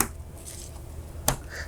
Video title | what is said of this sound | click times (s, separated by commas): HPE ProLiant BL460c Gen9 Memory Review & Overview - Memory Install Review - How to Configure DDR4 | and we're going to go over here to A1 you want to hear these two clicks | 0.0 s, 1.3 s